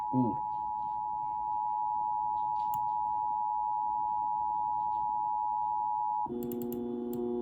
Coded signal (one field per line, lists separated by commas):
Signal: Emergency Alert System (SAME) tones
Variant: 853 and 960 Hz attention tone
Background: speech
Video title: Shelter in Place warning for Crawford MI due to severe weather EAS #47